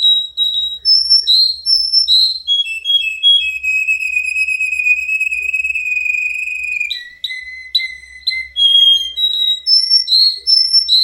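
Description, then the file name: Canary song of looping whistled phrases, a long steady held note, then short descending chirps and rising whistles repeated in quick succession. Russian canary. "kenari rusia omkicau"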